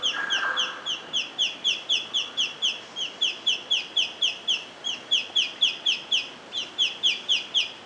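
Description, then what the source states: White-faced Robin calling: a steady, fast series of sharp, downslurred high notes, about four each second, running throughout. Recorded in Papua New Guinea.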